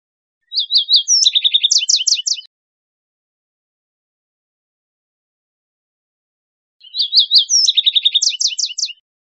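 Yellow-eyed junco song: two quick phrases, each opening with short whistled notes, then a rapid trill and a run of sweeping notes, about six seconds apart, with quiet between.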